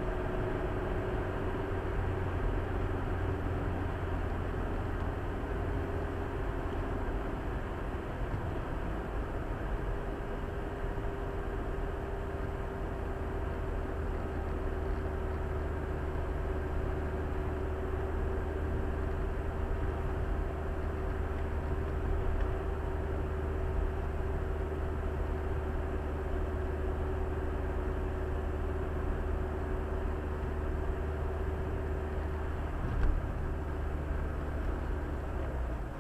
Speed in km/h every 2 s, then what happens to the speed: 69, 67, 65, 63, 62, 60, 59, 57, 58, 58, 58, 58, 57, 57, 57, 57, 56, 55.
0-14 slows to 57. 14-36 steady at about 57.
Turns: none.